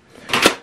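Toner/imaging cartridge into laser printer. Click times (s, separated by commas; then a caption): 0.3 s. A toner or imaging cartridge is pushed back into its bay in an HP LaserJet Pro M148dw all-in-one laser printer after being taken out. A quiet rustle builds into a single sharp click at 0.3 s, which fades over the next few tenths of a second. The cartridge is seated.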